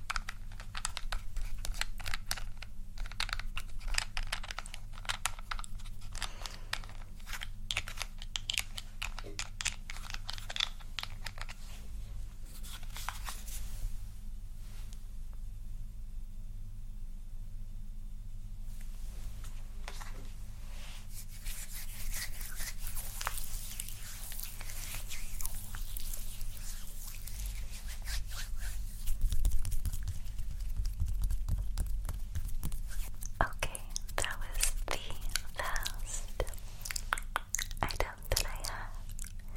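Crisp tapping and scratching on makeup items comes in dense, rapid clicks, pausing briefly around the 14 to 19 second mark. The second half turns busier and brighter with scratchy strokes. A steady low hum sits underneath throughout.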